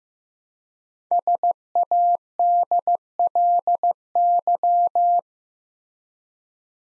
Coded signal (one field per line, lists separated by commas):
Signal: Morse code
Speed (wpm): 15 wpm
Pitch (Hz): 700 Hz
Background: none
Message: SADLY